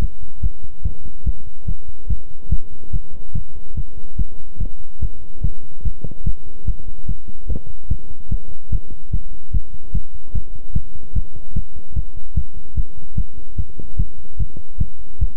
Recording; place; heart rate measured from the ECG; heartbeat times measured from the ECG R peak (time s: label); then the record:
heart sounds by stethoscope; between the tricuspid and mitral areas; 146 bpm
0.41 s: heartbeat
0.83 s: heartbeat
1.24 s: heartbeat
1.66 s: heartbeat
2.08 s: heartbeat
2.49 s: heartbeat
2.91 s: heartbeat
3.33 s: heartbeat
3.75 s: heartbeat
4.16 s: heartbeat
4.58 s: heartbeat
5.00 s: heartbeat
5.42 s: heartbeat
5.83 s: heartbeat
6.24 s: heartbeat
6.65 s: heartbeat
7.06 s: heartbeat
7.47 s: heartbeat
7.88 s: heartbeat
8.29 s: heartbeat
8.70 s: heartbeat
9.11 s: heartbeat
9.52 s: heartbeat
9.92 s: heartbeat
10.33 s: heartbeat
10.73 s: heartbeat
11.14 s: heartbeat
11.54 s: heartbeat
11.94 s: heartbeat
12.35 s: heartbeat
12.75 s: heartbeat
13.16 s: heartbeat
13.56 s: heartbeat
13.97 s: heartbeat
14.37 s: heartbeat
14.78 s: heartbeat
15.19 s: heartbeat
From the record:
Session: pedaling a stationary bicycle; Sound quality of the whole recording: good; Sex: male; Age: 24 years